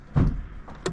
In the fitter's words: You'll hear a clunk. That's your hood coming loose.